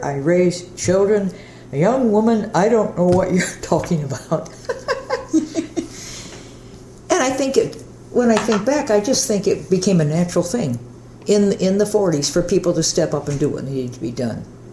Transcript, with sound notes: I raised children. And young woman, I don't know what you're talking about." [Laughter] When I think back, I just think it became a natural thing in the forties for people to step up and do what needed to be done.